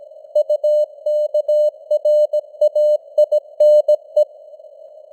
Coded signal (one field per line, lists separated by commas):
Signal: Morse code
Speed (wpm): 17 wpm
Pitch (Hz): 600 Hz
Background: none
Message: UKRAINE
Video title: Morse Code News | 2025-12-03 | 17wpm